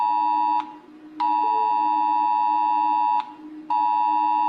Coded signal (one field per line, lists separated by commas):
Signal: Emergency Alert System (SAME) tones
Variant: 853 and 960 Hz attention tone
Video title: Rating eas alarms cause everyone is doing it